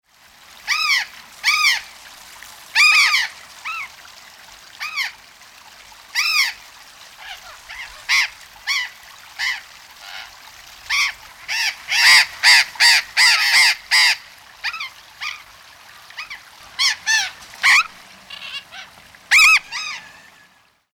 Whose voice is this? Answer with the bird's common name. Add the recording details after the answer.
Mitred Parakeet. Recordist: Tembrock, Günter. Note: Rufe